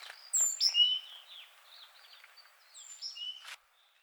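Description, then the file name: Great tit calls: a quick cluster of high, thin, downward-sliding whistled notes, then faint twittering, and the cluster repeats after about two seconds. "Parus major"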